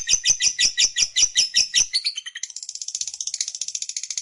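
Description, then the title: Lovebird song: a fast series of harsh chirps, shifting into a quicker continuous buzzy trill. Lovebird that was reluctant to sing, prompted to sing spontaneously with intensity. "LOVEBIRD Malas Bunyi JADI GREGET SPONTAN Langsung NARIK"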